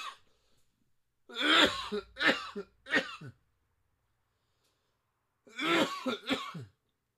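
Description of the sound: Five harsh, explosive coughs from an adult man come in two clusters: three in quick succession, then a pause of about two seconds, then two more. Each burst is noisy with a throaty, rasping edge. This is a brief, bad coughing fit, with no speech during it.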